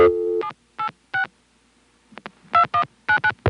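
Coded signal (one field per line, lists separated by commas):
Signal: DTMF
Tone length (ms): 100 ms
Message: 786 2199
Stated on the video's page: Recorded on a Stromberg-Carlson ESC telephone exchange in Chancellor, Virginia.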